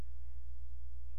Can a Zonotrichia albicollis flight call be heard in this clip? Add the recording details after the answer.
no. No flight call is heard. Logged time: 00:01 on 16 September 2014